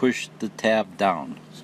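A wiper blade adapter's plastic locking tab is handled on a J-hook wiper arm, after the arm has been slid into the blade adapter. Someone talks throughout. Nothing has seated or clicked yet.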